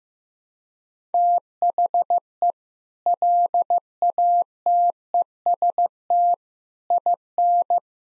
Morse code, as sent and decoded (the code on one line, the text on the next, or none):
- .... . / .-.. .- - . ... - / .. -.
THE LATEST IN